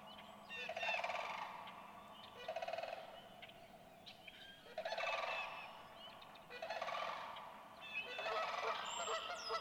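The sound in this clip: Sandhill crane giving rattling, gargled calls in about five separate bursts.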